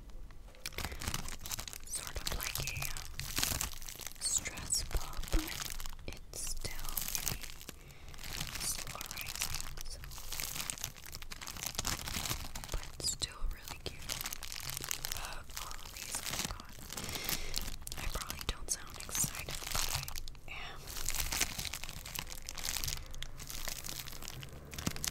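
Steady crinkling of a soft plastic package fills the clip, bright and dense, with brief pauses and crisp crunches.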